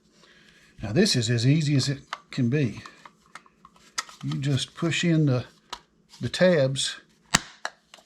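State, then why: Seated. A plastic cover on a Stihl string trimmer head is snapped back into place after its tabs are pushed in, while someone talks. Sharp plastic snaps ring out at 7.4 and 7.7 seconds as the cover seats onto the head, with a few softer clicks of handling around 3 to 4 seconds.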